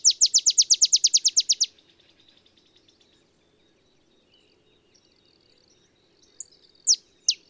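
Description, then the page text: Olive sparrow finishing a rapid chip trill. A pause with faint notes follows, then a few loud, separate chips begin again. Simple songs like a field sparrow's bouncing-ball song, though less mellow; early morning in Texas, 50 miles north of the Mexican border. "Olive sparrow. Recording early morning just 50 miles north of the Mexican border in Texas"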